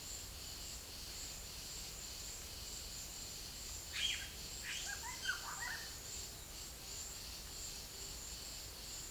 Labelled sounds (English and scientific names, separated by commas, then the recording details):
none
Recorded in secondary vegetation near Puerto Asís, Putumayo, Colombia, on 22 December 2024 at 13:00
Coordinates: 0.488, -76.319
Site GP04